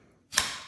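A plastic handle section, turned around after first being fitted the wrong way, is pushed into the body of a Powder White BLACK+DECKER HFS115J10 Lithium Floor Sweeper. After a near-silent start, a single sharp, bright click sounds at 0.4 s and fades over the remaining fraction of a second as the part snaps home and seats.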